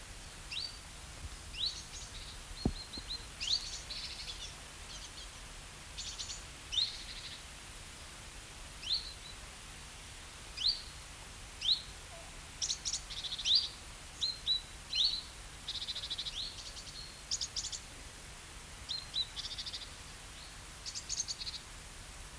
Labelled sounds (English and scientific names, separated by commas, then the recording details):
Common Chiffchaff (Phylloscopus collybita)
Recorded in the wild
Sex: male
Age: adult
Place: Treuchtlingen, Naturpark Altmühltal, Bayern, DE
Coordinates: 48.96, 10.91
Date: 1993-09-19 11:23
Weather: 13,5°C, Sonnig
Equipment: Marantz CP 430, Sennheiser MKH 416 T, Kopie Uher Variocord 263
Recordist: Tembrock, Günter